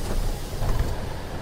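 A steady low rumble and hiss from an S-Bahn commuter train as a passenger boards, with a brief soft clatter in the middle and no voices.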